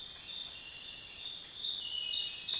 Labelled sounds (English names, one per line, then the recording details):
none
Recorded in dense forest near Puerto Asís, Putumayo, Colombia, on 23 June 2025 at 04:00
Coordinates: 0.484, -76.325
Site H65